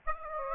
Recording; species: mosquito wingbeat signal from an infrared sensor; Aedes aegypti